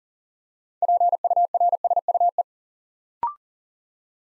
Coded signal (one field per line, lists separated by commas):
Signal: Morse code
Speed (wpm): 40 wpm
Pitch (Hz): 700 Hz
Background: none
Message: PURSUE